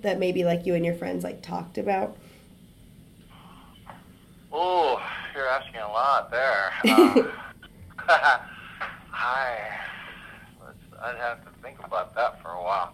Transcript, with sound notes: That maybe like you and your friends like talked about?
You're asking a lot there. (laughs) I'd have to think about that for a while.